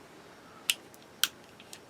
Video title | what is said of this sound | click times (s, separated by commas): my multi tool collection | it locks in place | 0.7 s, 1.2 s